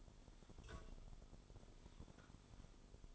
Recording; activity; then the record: daily activity, microphone in the room; take from stove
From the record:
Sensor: 5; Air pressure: 988.4 hPa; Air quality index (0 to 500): 203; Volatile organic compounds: 81 ppm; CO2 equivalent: 3614 ppm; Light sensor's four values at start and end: 48/139/55/60 and 47/138/55/59